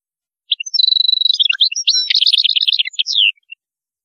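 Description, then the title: European goldfinch song: a held thin note leading into a fast, liquid, jingling trill of repeated twitters. "Chant Chardonneret"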